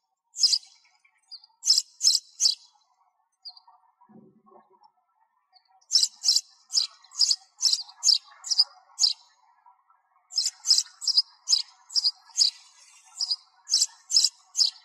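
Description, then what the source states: Sparrow calls in short bursts of sharp high chirps, pausing between groups, with a brief quiet stretch and a faint low sound near the middle. Sparrow call for calling the flock.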